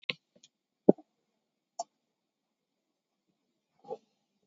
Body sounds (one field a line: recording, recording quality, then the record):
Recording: shallow breathing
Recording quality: poor, much background noise or distortion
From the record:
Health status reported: COVID-19 positive, mild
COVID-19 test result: positive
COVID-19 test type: RT-PCR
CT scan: taken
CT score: 10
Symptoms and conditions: sore throat, hypertension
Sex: male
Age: 56 years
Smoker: no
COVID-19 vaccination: one dose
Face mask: worn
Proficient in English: yes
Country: India